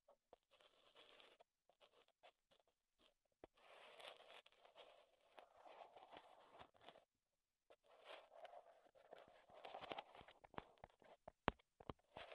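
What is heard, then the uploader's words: Wood triggers made of quick tapping, scratching and rubbing sounds come in irregular bursts with short silent gaps. Dense scraping stretches run roughly from 3.5 to 7 seconds and from 8 to 10 seconds. Sharp isolated taps are scattered throughout, with a crisp one near 11.5 seconds. ASMR Wood Triggers in Your Ears (No Talking).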